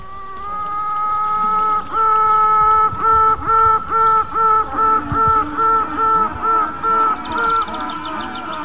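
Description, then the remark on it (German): A queen honeybee toots: one long, steady, reedy tone followed by a rhythmic run of about a dozen short pulses at the same pitch, loud over the low buzzing hum of the hive. “sie haben tutende Königinnen in ihr Bienenklangprojekt gemischt.”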